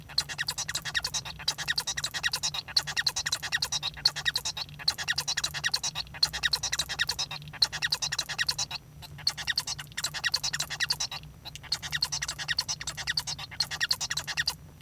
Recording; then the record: song of a male Bengalese finch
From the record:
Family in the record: son of father 1